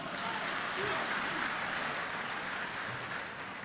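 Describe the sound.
A steady, dense burst of audience applause with many hands clapping at once, holding an even level throughout with a faint murmur of voices underneath, at a Chinese opera performance, thanking the stand-in accompanist, a teacher at the National Academy of Chinese Theatre Arts.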